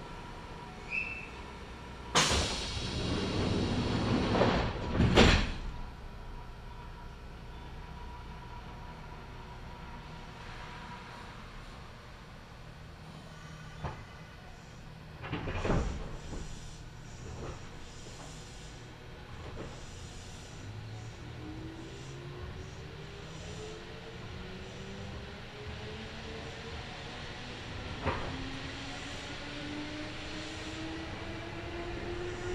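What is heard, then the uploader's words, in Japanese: A Kintetsu Nagoya Line local train running from Shiroko toward Tsu-Shimmachi, heard from the carriage. Loud bursts near the start give way to a steady rumble with occasional clunks, and after about twenty seconds a rising motor whine climbs as the train accelerates. 近鉄名古屋線各駅停車 白子→津新町。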